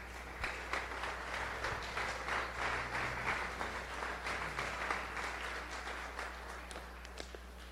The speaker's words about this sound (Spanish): Dale un aplauso a nuestro Dios.